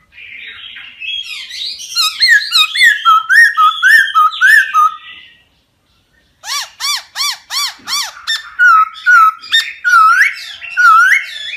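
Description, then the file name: Laughingthrush song: fast rich whistled phrases with repeated slurred notes, a brief silent pause, then a run of evenly repeated bright downslurred whistles. Song in the 'wild voice' (giọng rừng) style. "Tieng khuou hot giong rung"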